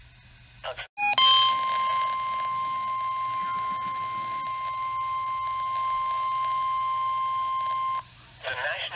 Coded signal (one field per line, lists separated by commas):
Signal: Emergency Alert System (SAME) tones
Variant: 1050 Hz attention tone